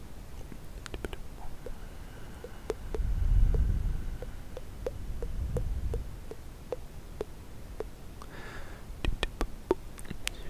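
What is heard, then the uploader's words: Mouth sounds: sharp wet clicks and smacks scattered throughout, with low rumbling swells near three and six seconds and a brief breathy hiss. ASMR The MOST Accurate MOUTH Sounds ($1 Mic VS $200 Mic).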